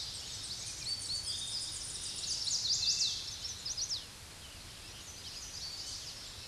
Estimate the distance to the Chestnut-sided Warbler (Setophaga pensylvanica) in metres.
about 35 m